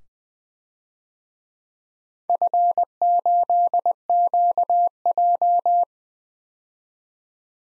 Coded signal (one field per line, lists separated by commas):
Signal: Morse code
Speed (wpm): 20 wpm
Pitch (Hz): 700 Hz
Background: none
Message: F8QJ